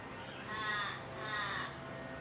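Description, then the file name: Channel-billed cuckoo giving two harsh, drawn-out raucous calls under a second apart over a steady background hiss. "canto do cuco gigante"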